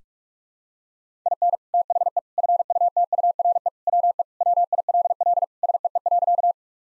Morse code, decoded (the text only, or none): IN THE FUTURE WE WILL SEE.